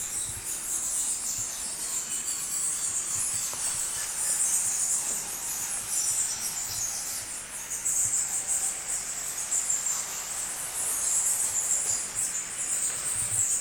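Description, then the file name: Bats chattering nonstop, many shrill overlapping squeaks forming a steady high-pitched wash that swells and eases slightly over time. Busy bat activity inside a bat cave in Krabi, Thailand. "Bat Cave Busy Activity Krabi Thailand Epidemic Sound"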